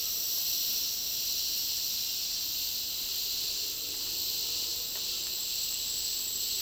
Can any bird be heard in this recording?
no